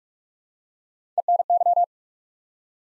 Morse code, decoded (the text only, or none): ENY